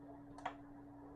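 A second DDR4 memory module is pushed into motherboard DIMM slot B1 until it latches and seats. A faint tick comes at 0.4 s, then a sharp click at 0.5 s as it locks in, over a steady low hum. No one talks.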